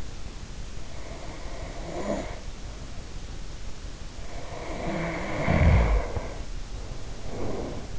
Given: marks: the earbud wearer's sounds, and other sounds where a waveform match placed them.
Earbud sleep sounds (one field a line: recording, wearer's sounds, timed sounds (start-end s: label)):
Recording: sounds in sleep by an in-ear microphone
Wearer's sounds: snoring breath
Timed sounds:
0.52-2.60 s: snoring breath
4.03-7.99 s: snoring breath